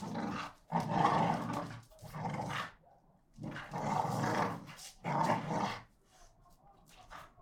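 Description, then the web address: American Pit Bull Terriers roar and snarl in four loud harsh bursts, each about a second long, separated by brief quiet gaps. Two pit bulls, Tessa and Bahko, fighting each other. "NS Studios - ultra sound collection animals dogs - Pit bull Tessa Pit bull Bahko fight"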